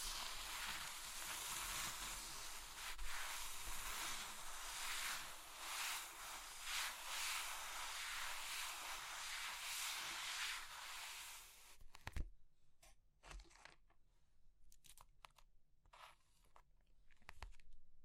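Crushing sounds of soap, chalk, meringue or pastel. For the first twelve seconds a dense, bright, gritty crumbling runs almost without pause. A sharp thud near twelve seconds ends it, and quieter, scattered crunches and short scrapes follow with gaps between them.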